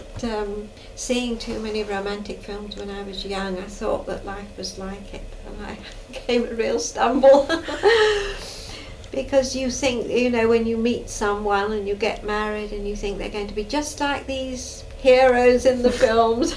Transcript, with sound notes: That erm, seeing too many romantic films when I was young, I thought that life was like it. And I came a real stumble. [Laughs] Because you think, you know, when you meet someone and you get married and you think they're going to be just like these heroes in the films.